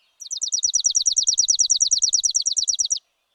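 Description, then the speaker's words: Chipping sparrow song: a dry, mechanical trill of many rapid identical chips, held evenly for nearly three seconds, with nothing else audible. An example of a dry, mechanical song. "Songs can also be dry and mechanical, like this chipping sparrow's."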